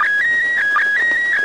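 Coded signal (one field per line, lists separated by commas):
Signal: SSTV (slow-scan television)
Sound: steady whistling tone shifting between two pitches, with short regular chirps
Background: radio static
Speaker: went down one bar still S9 over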